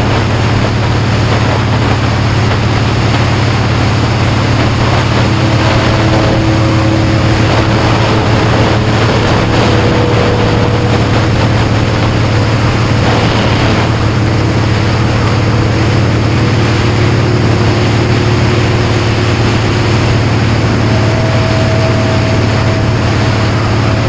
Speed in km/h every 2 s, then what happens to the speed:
69, 74, 76, 76, 74, 74, 71, 76, 74, 76, 74, 76.
12-24 steady at about 74.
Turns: none.